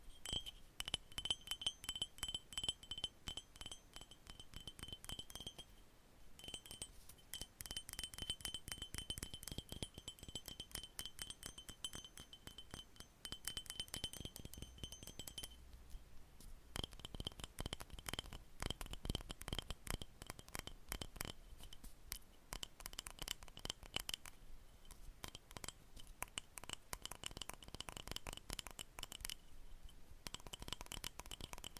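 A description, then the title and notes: Long nails scratch and tap in dense, rapid bursts, crisp and bright with a clicky, glassy edge, pausing briefly around six, sixteen and twenty-four seconds. ASMR Sleep Triggers - Brain Melting Scratching , Tapping , Massage Long Nails No Talking.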